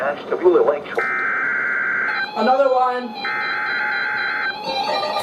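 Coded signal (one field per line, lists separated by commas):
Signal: Emergency Alert System (SAME) tones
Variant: header bursts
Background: speech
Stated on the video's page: Snow squall warning alerts received at home; a WR321 weather radio did not activate for them.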